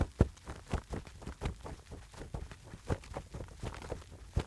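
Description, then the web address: Bird wingbeats, soft muffled thumps coming at an uneven pace, roughly one or two each second, with a low rustle in between. Calm wing flapping. "en soundpool sounds natur-tiere voegel"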